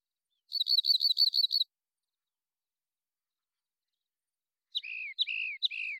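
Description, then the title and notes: Rock Wren singing a quick trill of several repeated notes, a long pause, then three drawn-out buzzy descending phrases. Long song sequence, natural pace and rhythm kept, isolated from a Double mid-side recording; Pacific Northwest, Washington, United States. "BIRDSong Wrens - Rock Wren. Rock Wren, Salpinctes obsoletus, long song sequence, isolated from Double mid-side original, natural pace and rhythm maintained Recorded in the beautiful Pacific Northwest, Washington, United States"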